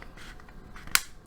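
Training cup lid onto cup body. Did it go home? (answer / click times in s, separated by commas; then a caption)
yes / 0.9 s. The plastic click-lock lid of a Munchkin Click Lock toddler training cup is pressed onto the cup, so the small wings on the cup's edges snap into the top. Faint soft handling sounds come first, then one sharp, bright click at 0.9 s and the lid is locked in place.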